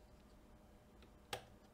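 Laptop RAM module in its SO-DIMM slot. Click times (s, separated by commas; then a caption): 1.3 s. On an Asus Strix Scar 15 (2022) laptop, the silver retaining clips on either side of the SO-DIMM slot are pulled outward, and the DDR5 memory stick springs up out of its latch with a sharp click at 1.3 s. Fainter ticks are heard around 1.0 s and 1.8 s over a quiet background. The RAM module is released from its slot.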